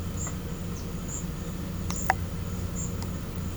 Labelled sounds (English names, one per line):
none